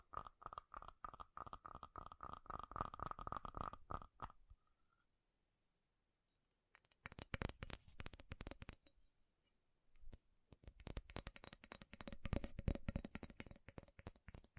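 Fast, furious tapping on metal comes in dense bursts of sharp, bright clicks. A first run lasts about four seconds, with a steady ringing tone underneath, then a near-silent gap follows before rapid tapping resumes around seven seconds, pauses briefly near ten, and continues to the end.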